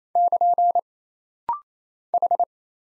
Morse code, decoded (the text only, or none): <KN> H